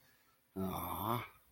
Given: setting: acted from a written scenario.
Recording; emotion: vocal sound without words; romantic love